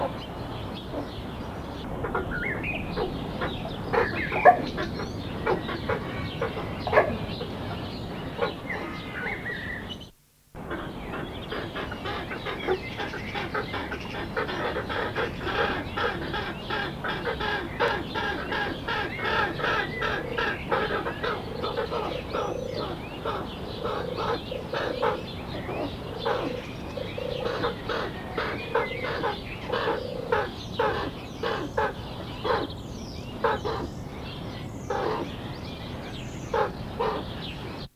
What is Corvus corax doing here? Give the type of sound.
call